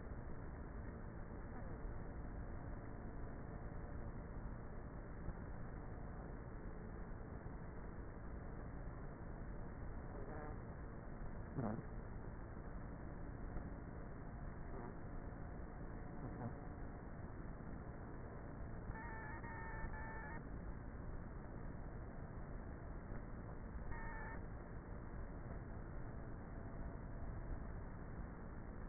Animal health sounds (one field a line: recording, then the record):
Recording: honeybee colony, microphone inside the hive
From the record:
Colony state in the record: queenless with a low population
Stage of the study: before two queens were removed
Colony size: about 30,000 bees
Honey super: no